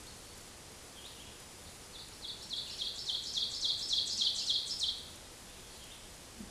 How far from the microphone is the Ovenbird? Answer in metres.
about 15 m